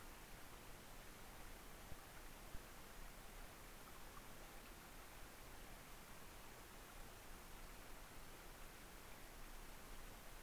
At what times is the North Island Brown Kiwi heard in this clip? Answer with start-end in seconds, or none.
none